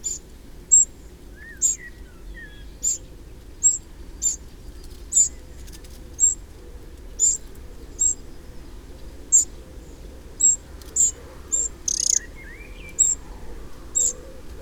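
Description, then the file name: Eurasian wren calls, crisp high clicking notes repeated at roughly one-second intervals over soft background chirps from other birds. "Troglodytes troglodytes"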